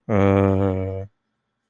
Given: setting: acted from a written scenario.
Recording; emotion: vocal sound without words; confusion